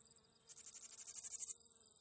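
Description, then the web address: Texas bush katydid song: a loud raspy series of about a dozen quick, evenly spaced pulses lasting around a second, with a thin steady high drone underneath. "The Songs of Insects. Texas Bush Katydid"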